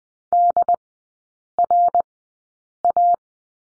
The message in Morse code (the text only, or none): DRA